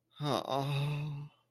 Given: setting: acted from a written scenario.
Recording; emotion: vocal sound without words; guilt